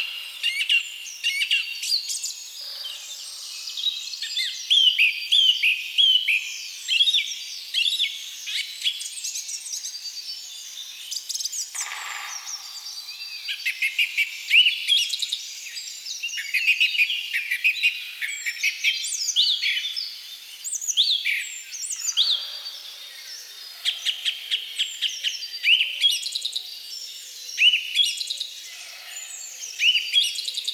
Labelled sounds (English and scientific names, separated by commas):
Song Thrush (Turdus philomelos) song